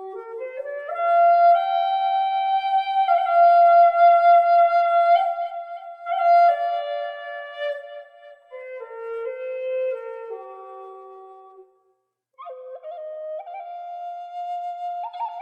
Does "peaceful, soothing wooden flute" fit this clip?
yes